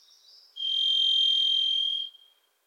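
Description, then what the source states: Varied thrush giving a single sustained, buzzy, ringing whistle lasting about a second and a half, steady in pitch, then fading out. Wild bird in Pacific Northwest forest; its voice is likened to crying "Listen. Listen."; a Wilson's Warbler sings alongside.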